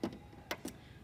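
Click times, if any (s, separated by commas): 0.5 s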